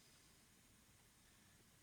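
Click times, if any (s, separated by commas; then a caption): none. An endotracheal tube holder clamp is positioned on an endotracheal tube as its adhesive strap is wrapped around the tube and lined up. Only a steady, quiet hiss is heard for about 1.9 seconds, with no distinct sounds. The holder has not clicked shut yet.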